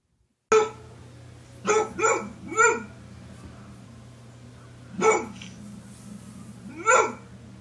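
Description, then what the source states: German Shorthaired Pointer barks: six sharp barks, a single and a quick triple near the start, then two single barks spaced about two seconds apart, over a steady low hum. A hunting breed, barking.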